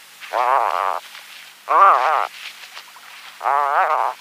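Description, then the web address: Atlantic puffin giving three low, wavering groans, each under a second long, separated by short pauses. "Atlantic Puffin"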